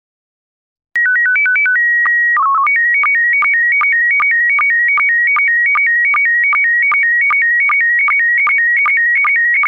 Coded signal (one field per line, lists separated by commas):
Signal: SSTV (slow-scan television)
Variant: PD 50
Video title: Slow Scan Radio, 31 October 2018, Ep. 13